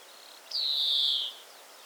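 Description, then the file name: European greenfinch uttering one long, smooth note that starts sharply and gently falls in pitch, against a soft, steady background. "Chloris chloris"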